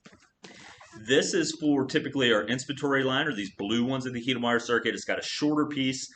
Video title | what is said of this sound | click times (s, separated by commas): Optiflow Intro | and then you got to get these grooves lined up push until it clicks and won't come out | 0.5 s